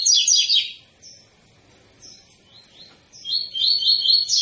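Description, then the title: Double-collared seedeater song: a loud buzzy chatter, a few soft separate whistled notes, then a fast series of bright trilled notes. Tui-tui style song of a spirited ('fibra') bird, used as a teaching song for young birds. "COLEIRO TUI TUI FIBRA"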